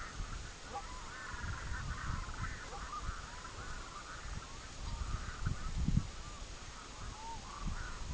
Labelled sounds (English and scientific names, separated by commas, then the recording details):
Red-throated Loon (Gavia stellata), Canada Goose (Branta canadensis)
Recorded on Arctic tundra, site EABA-MC, on 24 June 2019
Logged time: 12:00